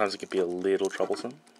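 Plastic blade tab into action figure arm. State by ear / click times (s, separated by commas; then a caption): not seated / none. Someone talks while handling a plastic Revenge of the Fallen Voyager Mindwipe transforming robot figure, flipping the blade tab on its second arm so the blade will lock into the arm. Nothing has seated or clicked into place yet.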